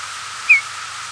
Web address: longspur